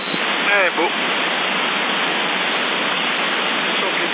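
A steady, dense hiss of rain or rushing water fills the whole stretch without letting up, with a brief murmur of a voice near the start.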